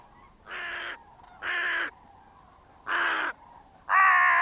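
Bird with four raspy caws at slightly uneven intervals, the last one loudest.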